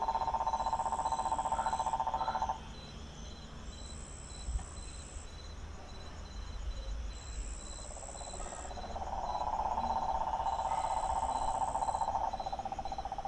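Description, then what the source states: Cicada song, a high steady buzz in bursts about every three seconds, over a lower rapid pulsing chorus that fades out and returns. Recorded with frogs in Bolombolo, Antioquia Suroccidental, Colombia.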